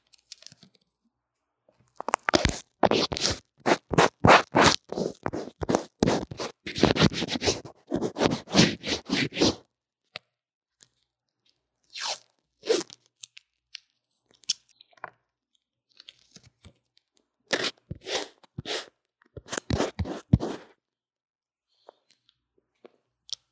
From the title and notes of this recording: 各種玩弄線麥!! Lo-fi Earphone Mic drawing & Makeup | No Talking.